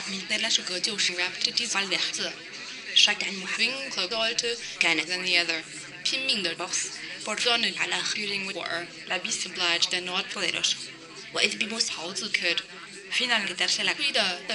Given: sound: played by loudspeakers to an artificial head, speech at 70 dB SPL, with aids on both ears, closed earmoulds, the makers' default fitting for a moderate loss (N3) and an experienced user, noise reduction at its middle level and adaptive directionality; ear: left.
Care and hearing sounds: speech test signal (ISTS) in cocktail-party noise; +6 dB; in front (0 degrees)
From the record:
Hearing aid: class 1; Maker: B

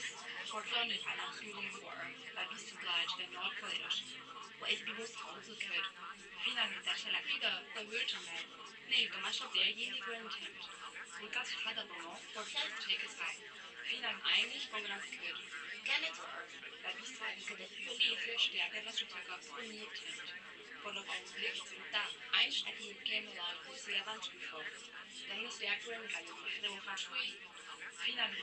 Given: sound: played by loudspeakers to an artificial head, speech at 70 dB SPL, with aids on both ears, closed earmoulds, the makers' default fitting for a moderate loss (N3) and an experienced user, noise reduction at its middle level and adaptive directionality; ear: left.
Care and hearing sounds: speech test signal (ISTS) in cocktail-party noise; 0 dB; on the right (90 degrees)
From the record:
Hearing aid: class 1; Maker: I

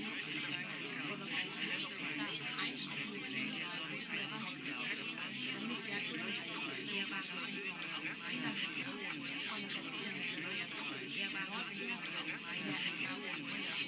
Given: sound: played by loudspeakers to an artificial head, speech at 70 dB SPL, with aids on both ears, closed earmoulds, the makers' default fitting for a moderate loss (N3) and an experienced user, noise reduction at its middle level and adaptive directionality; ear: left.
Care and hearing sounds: speech test signal (ISTS) in cocktail-party noise; -6 dB; on the right (90 degrees)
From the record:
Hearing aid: class 1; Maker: D

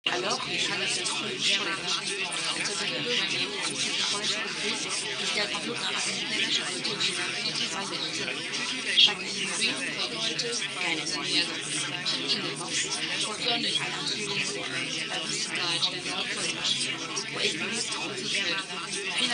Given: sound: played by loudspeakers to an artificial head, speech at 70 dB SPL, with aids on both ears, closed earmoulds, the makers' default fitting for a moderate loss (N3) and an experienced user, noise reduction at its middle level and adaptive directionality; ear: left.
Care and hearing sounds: speech test signal (ISTS) in cocktail-party noise; -3 dB; on the right (90 degrees)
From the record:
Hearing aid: class 2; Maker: A

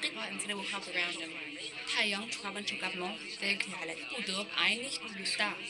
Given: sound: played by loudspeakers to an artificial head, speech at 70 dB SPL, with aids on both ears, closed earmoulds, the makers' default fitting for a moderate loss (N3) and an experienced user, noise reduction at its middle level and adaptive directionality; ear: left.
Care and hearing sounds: speech test signal (ISTS) in cocktail-party noise; +3 dB; in front (0 degrees)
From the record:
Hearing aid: class 2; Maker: C

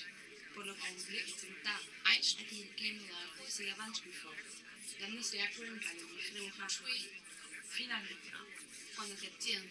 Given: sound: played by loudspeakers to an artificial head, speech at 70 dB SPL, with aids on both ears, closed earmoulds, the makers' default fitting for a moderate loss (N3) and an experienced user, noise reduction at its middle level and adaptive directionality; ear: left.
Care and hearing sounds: speech test signal (ISTS) in cocktail-party noise; +3 dB; on the right (90 degrees)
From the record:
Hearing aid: class 2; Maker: J

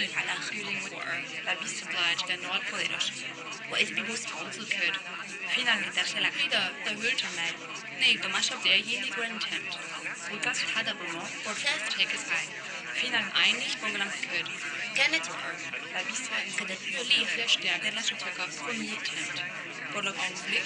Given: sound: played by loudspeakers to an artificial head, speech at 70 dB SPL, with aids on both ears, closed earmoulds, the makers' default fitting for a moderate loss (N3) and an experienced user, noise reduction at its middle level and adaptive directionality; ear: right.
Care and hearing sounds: speech test signal (ISTS) in cocktail-party noise; 0 dB; in front (0 degrees)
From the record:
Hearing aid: class 2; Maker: G

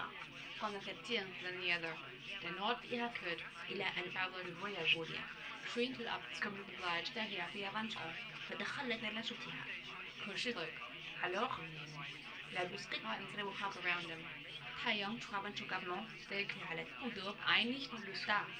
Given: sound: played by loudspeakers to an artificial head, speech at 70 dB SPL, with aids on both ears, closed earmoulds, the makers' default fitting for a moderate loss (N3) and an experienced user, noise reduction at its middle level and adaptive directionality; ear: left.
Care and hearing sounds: speech test signal (ISTS) in cocktail-party noise; +9 dB; on the right (90 degrees)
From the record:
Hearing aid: class 2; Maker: F

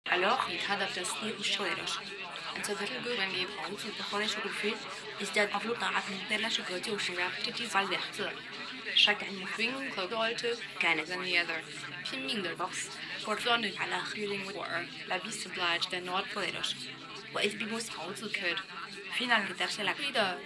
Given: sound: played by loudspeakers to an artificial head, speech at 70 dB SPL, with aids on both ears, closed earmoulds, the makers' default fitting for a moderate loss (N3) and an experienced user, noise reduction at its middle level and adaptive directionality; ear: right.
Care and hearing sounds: speech test signal (ISTS) in cocktail-party noise; +3 dB; in front (0 degrees)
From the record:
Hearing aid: class 1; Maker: E

